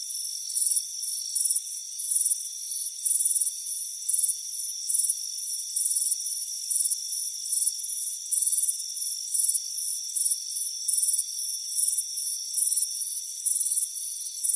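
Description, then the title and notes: Crickets giving rapid, shrill chirps, several each second, layered over a steady high insect trill. Crickets chirping on a front porch on a warm afternoon. "Soothing Crickets Chirping Sound. It's a warm afternoon as you relax in a hammock on the front porch"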